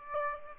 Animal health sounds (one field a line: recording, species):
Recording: mosquito wingbeat signal from an infrared sensor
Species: Aedes aegypti